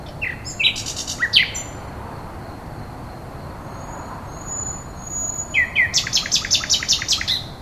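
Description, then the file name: Common nightingale song with brief varied notes, a thin high whistle, and then a long series of rapid repeated chirps. "rossignol"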